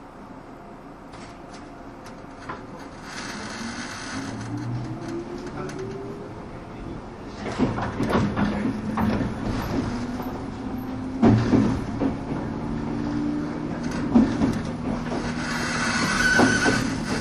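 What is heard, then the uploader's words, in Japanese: A train running on the Bantan Line, heard as a steady low rumble with mechanical clatter. A rising tone sweeps up around four to seven seconds, then the noise grows louder and rougher after eight seconds, with sharp clanks and squeals near eleven and fourteen seconds. 103系 播但線普通 01/01:姫路～寺前。播但線＂の列車走行音。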